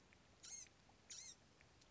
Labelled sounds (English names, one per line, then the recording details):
Blue-gray Gnatcatcher
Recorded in Sonoma County, California